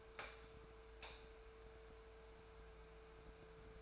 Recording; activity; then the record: daily activity, microphone in the room; light on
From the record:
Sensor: 2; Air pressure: 1014.4 hPa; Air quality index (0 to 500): 172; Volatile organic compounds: 11 ppm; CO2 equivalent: 2271 ppm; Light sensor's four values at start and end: 11/27/11/12 and 15/40/16/17